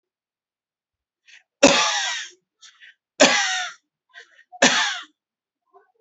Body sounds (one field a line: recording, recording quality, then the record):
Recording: heavy voluntary cough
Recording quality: excellent, no background noise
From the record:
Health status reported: healthy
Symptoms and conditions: none ticked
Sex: male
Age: 20 years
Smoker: not ticked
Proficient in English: yes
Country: India